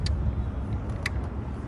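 A safety kill switch key is pushed into the control of an electric outboard motor, giving sharp click-like hits at 0.1 s and 1.1 s over a steady low rumble. The key is seated in place before the motor is powered on.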